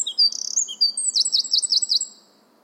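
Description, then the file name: Eurasian wren singing a high, thin burst: sharp squeaky notes, a fast rattling trill, then five quick looping notes in a row before stopping abruptly. "Troglodytes troglodytes"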